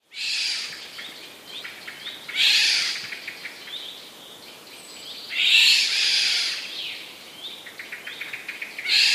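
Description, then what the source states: Eurasian jay alarm: repeated loud, grating screeches, with rapid runs of short ticking notes filling the gaps between bursts. Warning call heard by sparrows; recorded 6 July 2014.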